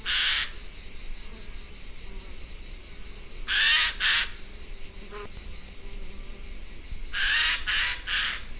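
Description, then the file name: Eurasian jay giving harsh, rasping screeches, one short then a double and a triple burst spaced several seconds apart, over a steady high insect-like hum and background noise. "Garrulus glandarius"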